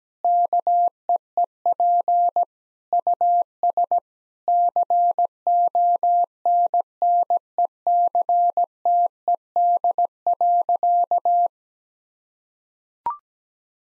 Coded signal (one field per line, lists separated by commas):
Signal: Morse code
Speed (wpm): 17 wpm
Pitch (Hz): 700 Hz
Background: none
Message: KEEP US CONNECTED.